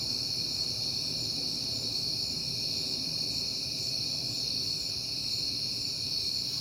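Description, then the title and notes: Crickets keep up a constant high chorus over a faint low hum. Crickets recorded on a peaceful night in September; the recordist has been hearing them a lot lately. "Night Time: Crickets and Passing Cars. It is September and I have been hearing the crickets a lot"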